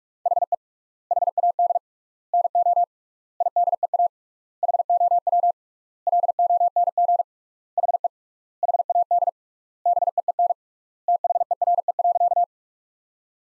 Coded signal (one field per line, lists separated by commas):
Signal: Morse code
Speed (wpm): 41 wpm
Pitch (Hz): 700 Hz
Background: none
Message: HE HAD NO IDEA HOW LONG HE HAD BEEN THERE.